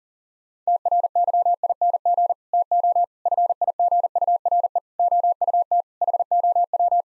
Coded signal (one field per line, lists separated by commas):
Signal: Morse code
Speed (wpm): 40 wpm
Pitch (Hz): 700 Hz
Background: none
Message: TRYING TO FIGURE OUT HOW